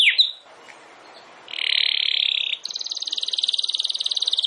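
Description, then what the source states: Domestic canary song: a brief descending note, a pause, then a sustained buzzy trill followed by a higher, rapid rolling trill continuing to the end. Belgian canary (Canário Belga) singing; title gives 'campainha'.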